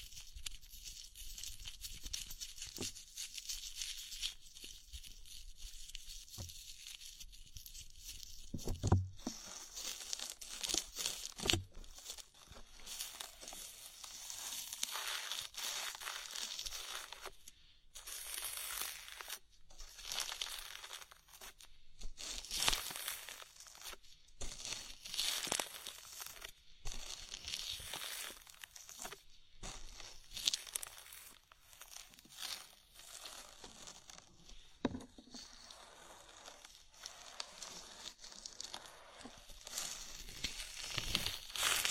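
A body oil massage, heard as a steady run of soft slick rubbing and crinkly, wet friction sounds. Bright swishes come in irregular bursts every second or so, with sharper crackling strokes near 9, 12 and 20 seconds and a faint thin hiss underneath.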